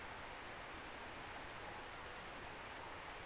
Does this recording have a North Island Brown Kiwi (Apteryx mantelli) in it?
no